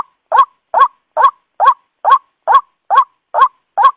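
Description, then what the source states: White-breasted waterhen giving harsh, rising croaking notes in an even series, roughly two per second, nothing else audible. Lure call used for attracting the bird.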